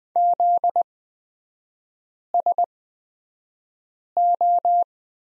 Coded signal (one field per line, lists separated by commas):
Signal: Morse code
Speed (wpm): 20 wpm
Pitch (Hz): 700 Hz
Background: none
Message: ZSO